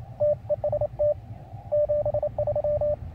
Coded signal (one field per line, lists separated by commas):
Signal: Morse code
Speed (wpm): 27 wpm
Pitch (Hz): 590 Hz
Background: radio noise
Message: TEST 73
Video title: Testing The Spiderbeam 12m Telescopic Fiberglass Antenna Mast.